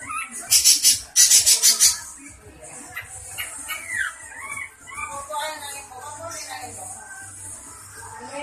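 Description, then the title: Long-tailed shrike singing: harsh grating chatter in quick pulses, then a run of varied slurred whistles and short warbles, some rising and falling, over faint background hiss. Song style called kombinasi (combination). "Cendet Kombinasi"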